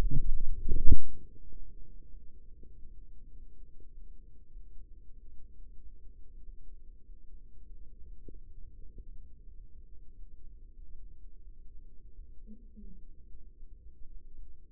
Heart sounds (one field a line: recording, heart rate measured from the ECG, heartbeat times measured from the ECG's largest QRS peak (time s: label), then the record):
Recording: heart sounds by microphone in the right ear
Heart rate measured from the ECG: 95 bpm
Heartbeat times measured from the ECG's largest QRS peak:
0.17 s: heartbeat
0.85 s: heartbeat
1.49 s: heartbeat
2.07 s: heartbeat
2.67 s: heartbeat
3.30 s: heartbeat
3.91 s: heartbeat
4.50 s: heartbeat
5.10 s: heartbeat
5.76 s: heartbeat
6.42 s: heartbeat
7.03 s: heartbeat
7.63 s: heartbeat
8.26 s: heartbeat
8.91 s: heartbeat
9.53 s: heartbeat
10.12 s: heartbeat
10.74 s: heartbeat
11.40 s: heartbeat
12.12 s: heartbeat
12.77 s: heartbeat
13.40 s: heartbeat
14.10 s: heartbeat
From the record:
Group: healthy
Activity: rest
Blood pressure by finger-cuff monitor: 114/64 mmHg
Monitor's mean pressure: 78 mmHg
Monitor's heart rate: 96 bpm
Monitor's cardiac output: 7.3 L/min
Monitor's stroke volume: 76 mL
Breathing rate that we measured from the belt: 22 breaths a minute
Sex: male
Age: 22 years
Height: 181 cm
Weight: 60 kg